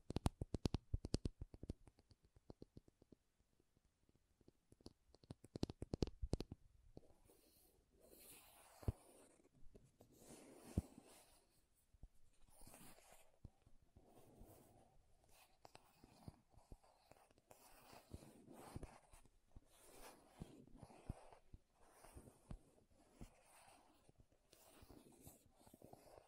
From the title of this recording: MAKEUP TAPPING & SCRATCHING